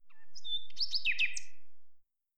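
Game bird giving a quick chirping phrase of sharp, twisting high notes that rise and fall, ending abruptly, with no other sounds.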